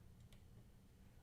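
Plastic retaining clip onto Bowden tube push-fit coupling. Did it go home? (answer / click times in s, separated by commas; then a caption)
yes / 0.3 s. A small blue plastic retaining clip is pressed onto a Bowden tube push-fit coupling and snaps in under the lip of the fitting. A faint earlier tick at about 0.2 s is followed by a short, sharp snap at 0.3 s over a low steady hum, and the clip is seated.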